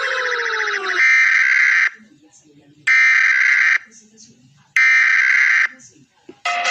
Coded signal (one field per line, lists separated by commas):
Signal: Emergency Alert System (SAME) tones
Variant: header bursts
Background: speech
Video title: Series 4 Animated EAS Alarm Part 1